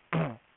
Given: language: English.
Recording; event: throat vibration sensor signal played as sound; throat clearing